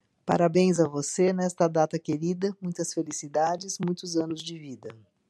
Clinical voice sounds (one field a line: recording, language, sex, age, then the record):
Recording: short text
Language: Brazilian Portuguese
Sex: female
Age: 60 to 69 years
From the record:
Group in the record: control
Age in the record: 63 years